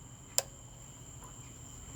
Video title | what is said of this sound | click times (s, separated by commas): IAC Valve Replacement 04 Ford Ranger 3.0L | You're going to hear a click when it's seated all the way. | 0.4 s